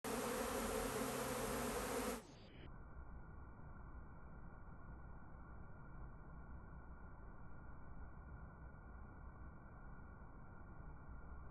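Bees buzzing, a loud steady droning hum for about two seconds that then drops abruptly to a faint, muffled low rumble for the rest.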